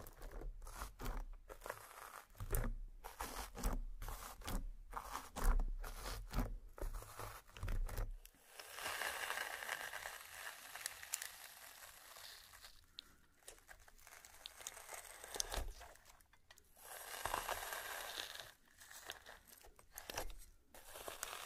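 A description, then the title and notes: Slime and crayon sounds with tapping: the first eight seconds bring quick, dense bursts of tapping and squishing with a low thump underneath. After that, softer, brighter scratching and sticky crinkling take over, swelling and easing in patches, with brief quiet gaps near sixteen and nineteen seconds. Slime Sounds Crayon Sounds + Tapping. Some various mixed sounds.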